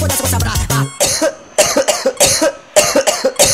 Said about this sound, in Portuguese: Tá com tosse, vai!